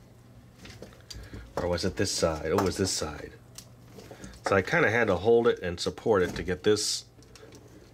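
A plastic robot head from a Jimu Robot Meebot kit is held and supported while being pressed onto its servo mount. It has so far clicked on only one side, and the other side is being worked on. Someone talks over light handling taps and small plastic knocks, and nothing has seated or clicked yet.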